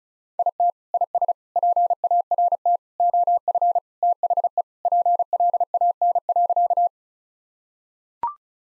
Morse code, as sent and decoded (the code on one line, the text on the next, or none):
.. - / .. ... / .--. .- .-. - / --- ..-. / - .... . / .--. .-.. .- -. .-.-.-
IT IS PART OF THE PLAN.